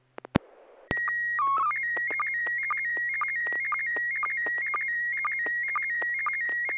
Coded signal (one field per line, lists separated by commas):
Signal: SSTV (slow-scan television)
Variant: PD 120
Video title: N6NA SSTV Net - 11/26/2025